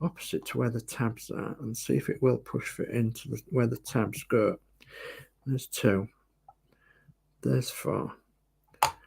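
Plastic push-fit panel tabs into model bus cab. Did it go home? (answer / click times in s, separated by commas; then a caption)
yes / 8.8 s. A plastic push-fit panel for the cab of a 1/12 scale model bus is pressed in so its tabs snap into their slots while someone talks. A sharp click at 8.8 s marks the panel seating in.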